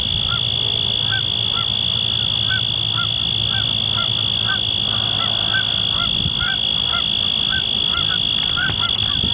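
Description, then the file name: Forbes's tree cricket: a steady, unbroken trill held throughout, with many soft short chirps repeating several times a second in the background. "Oecanthus forbesi"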